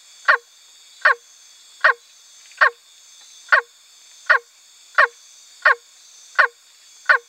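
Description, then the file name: Milk frog call: harsh, goose-like croaks repeated at a steady pace of a bit over one a second, with a constant high-pitched background hum. "Phrynohyas sp"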